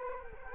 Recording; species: mosquito wingbeat signal from an infrared sensor; Culex quinquefasciatus